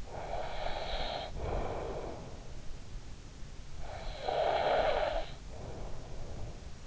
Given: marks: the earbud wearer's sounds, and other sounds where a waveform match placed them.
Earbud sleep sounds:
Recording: sounds in sleep by an in-ear microphone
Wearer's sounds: snoring breath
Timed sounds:
0.19-2.69 s: snoring breath
3.66-6.69 s: snoring breath

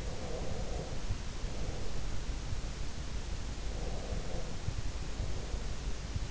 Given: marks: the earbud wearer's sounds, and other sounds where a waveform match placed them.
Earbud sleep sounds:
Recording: sounds in sleep by an in-ear microphone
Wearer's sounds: breath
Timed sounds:
0.00-2.27 s: breath
3.70-6.11 s: breath

